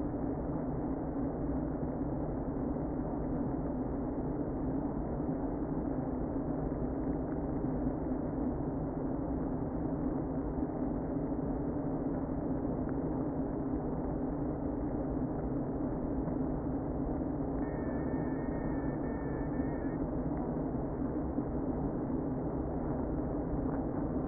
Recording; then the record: honeybee colony, microphone inside the hive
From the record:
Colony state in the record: queen present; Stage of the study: before two queens were removed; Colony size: about 60,000 bees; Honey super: yes